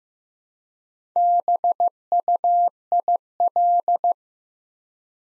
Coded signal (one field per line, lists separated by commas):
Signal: Morse code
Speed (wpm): 15 wpm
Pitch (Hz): 700 Hz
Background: none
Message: BUIL